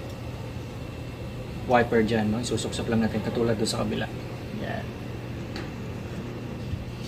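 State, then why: Not seated. A new Aero wiper blade is handled and lined up on the windshield wiper arm before being pushed onto the hook, while someone talks over a steady low hum. A brief faint tap is heard around 5.6 s, but nothing has seated or clicked yet.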